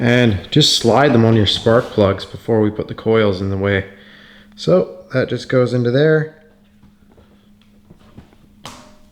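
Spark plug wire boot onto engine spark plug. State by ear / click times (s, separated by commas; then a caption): seated / 8.6 s. Someone talks while a spark plug wire boot is slid onto a spark plug in the cylinder head. After a quiet stretch with faint handling noises, the boot is pushed down until it snaps home with a sharp click at 8.7 seconds, seating it on the plug.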